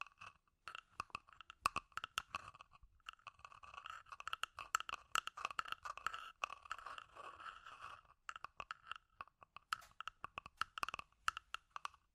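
Scratchy tapping runs throughout, with sharp clicks landing in quick irregular clusters over a dry scraping texture. Between about 3 and 8 seconds the scratching thickens into a near-continuous rasp, then thins back to scattered sharp taps and brief pauses.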